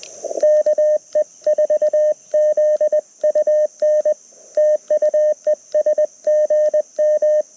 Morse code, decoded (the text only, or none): KE4ZUN TU ES GM